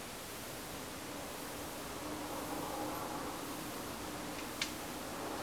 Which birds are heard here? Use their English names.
none